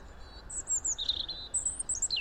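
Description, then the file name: European robin song, a short phrase of high thin notes swooping down and back up, ending with a quick falling whistle. "Erithacus rubecula"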